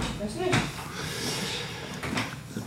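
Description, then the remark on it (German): A door swings shut with a soft thud, followed a moment later by a second brief knock as it settles, over a low background murmur with a faint voice. “Ich mach mal hier die Tür zu.”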